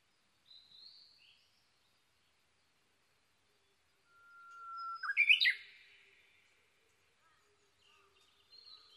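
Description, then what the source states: Japanese bush warbler song: a long, steady whistled note swelling in volume, then a quick bright flourish, with faint high chirps from other birds before and after. Recorded 22 May 2011 at 05:58.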